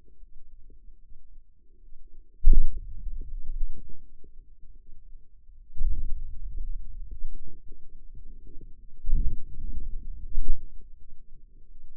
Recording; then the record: forearm muscle sounds (acoustic myography)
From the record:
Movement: hand opening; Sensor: system 2, bracelet of six BSWA MPA416 microphones around the upper forearm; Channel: 5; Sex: female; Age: 23 years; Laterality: right